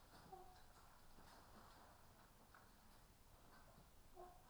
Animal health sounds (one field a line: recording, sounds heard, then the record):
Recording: poultry house recording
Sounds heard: sick chickens (respiratory disease)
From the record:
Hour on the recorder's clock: 13